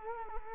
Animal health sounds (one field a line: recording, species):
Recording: mosquito wingbeat signal from an infrared sensor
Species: Culex quinquefasciatus